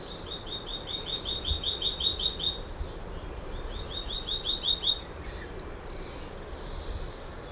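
Scrub greenlet delivering two short bursts of rapid, evenly spaced chip notes separated by a pause, fairly faint over constant background hiss.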